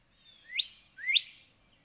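Northern cardinal song: two sharp, clear whistled notes, each sweeping steeply upward, about half a second apart.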